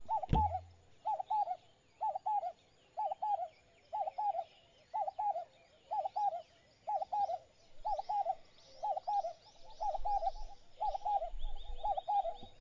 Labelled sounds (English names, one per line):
Vinaceous Dove